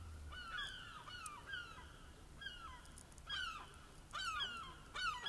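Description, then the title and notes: Gull calls: harsh, descending squealing notes repeated roughly once a second over a quiet background. Gulls calling on a quiet morning in a small secluded park in Dublin. "Sounds of gulls calling in an otherwise quiet atmosphere."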